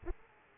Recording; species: mosquito wingbeat signal from an infrared sensor; Aedes aegypti